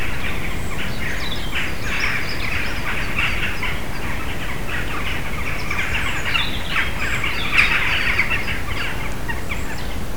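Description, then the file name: Western jackdaws giving short, harsh, repeated chak calls, several birds overlapping throughout, over a constant low rumbling background noise. Several birds calling, Bærum, Norway, 3 April 2021. "Jackdaws (Coloeus monedula) calling - Bærum, Norway 2021-04-03"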